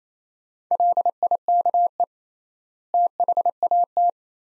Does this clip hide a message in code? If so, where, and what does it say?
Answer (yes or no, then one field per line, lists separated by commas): yes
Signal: Morse code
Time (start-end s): 0.7-4.1 s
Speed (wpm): 28 wpm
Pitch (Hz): 700 Hz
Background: none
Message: LIKE THAT